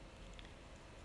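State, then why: Not seated. A small plastic cap is being pushed back onto the filter housing of a facial care device after the foam filter was replaced. Faint handling noise fills the clip, with two brief taps at about 0.4 s and 0.5 s. Nothing has seated or clicked yet, and the cap is not yet home.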